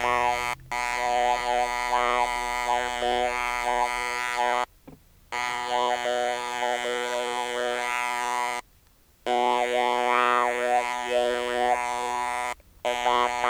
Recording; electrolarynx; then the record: speech with an electrolarynx; modified device, with random pitch perturbation and pitch set by sex and age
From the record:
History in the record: total laryngectomy